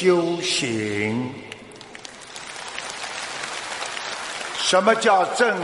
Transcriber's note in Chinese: 掌声